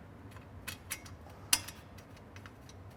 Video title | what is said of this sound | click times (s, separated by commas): Niner Biocentric II Installation | can be kind of tricky sometimes lining those up, but once they do, they snap right in | 1.5 s